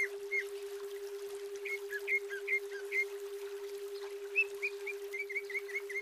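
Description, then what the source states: Greater green leafbird giving scattered paired chirps, then a brisk run of short slurred notes, all over an unbroken low hum. Female bird.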